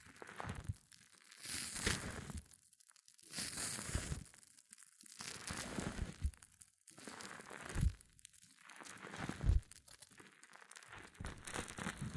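Hair mousse fizzes and crackles in repeated bright bursts about every two seconds, with crinkly textures and occasional low thumps between short pauses.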